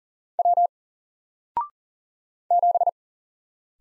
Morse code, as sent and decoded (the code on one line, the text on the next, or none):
.-- / --...
W 7